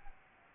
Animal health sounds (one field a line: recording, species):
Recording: mosquito wingbeat signal from an infrared sensor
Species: Aedes albopictus